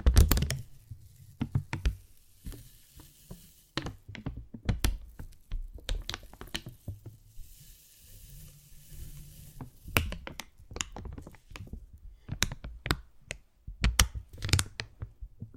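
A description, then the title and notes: Slow, gentle crinkling comes in irregular bursts of sharp, bright crackles, several per second at times, with brief quiet gaps between them. Soft low thumps and handling sounds sit underneath, and a faint hiss rises and falls in the pauses. ASMR Slow & Gentle Crinkle Triggers. (No Talking).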